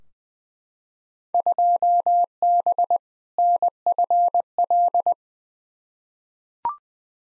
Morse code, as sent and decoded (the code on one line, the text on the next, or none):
..--- -... / -. ..-. .-..
2B NFL